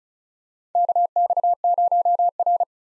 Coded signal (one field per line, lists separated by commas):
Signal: Morse code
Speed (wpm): 36 wpm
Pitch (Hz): 700 Hz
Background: none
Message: KX0R